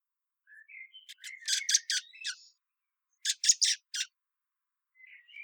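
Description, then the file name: Common blackbird with soft thin whistled notes leading into a burst of loud, sharp chinking calls, a second short chink series, then quiet high twitters. "Turdus merula"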